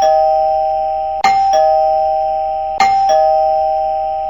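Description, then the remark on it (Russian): An electric doorbell at a flat's door rings on and on with a steady, high buzzing tone, broken twice by sharp double clicks as a policeman standing on the stair landing presses it again. No one speaks. “Милиционер сделал еще несколько звонков.”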